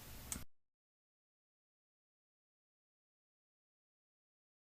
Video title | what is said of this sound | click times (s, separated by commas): repairing refrigerator door flapper hinges | It should lock into place. | 0.3 s